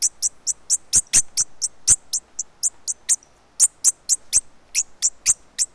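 Bird uttering rapid, slightly uneven high-pitched chips, with a short pause midway.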